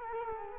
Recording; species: mosquito wingbeat signal from an infrared sensor; Culex quinquefasciatus